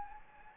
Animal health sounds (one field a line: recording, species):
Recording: mosquito wingbeat signal from an infrared sensor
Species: Anopheles gambiae